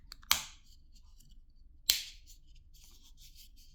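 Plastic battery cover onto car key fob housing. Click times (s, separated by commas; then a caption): 0.3 s, 1.9 s. A plastic battery cover is pressed back onto the housing of a BMW X1 F48 car key fob, giving two sharp plastic snaps at 0.3 s and 1.9 s as it clicks into place. Between and after the snaps there are faint rustling and handling sounds, and the cover ends up seated on the fob.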